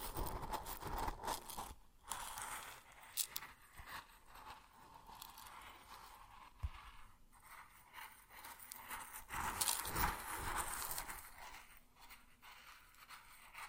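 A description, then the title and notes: Grain sounds: a dense, gritty rustle that pours and scrapes unevenly, dropping briefly near two seconds and swelling louder around ten. ASMR Grain Sounds (No Talking).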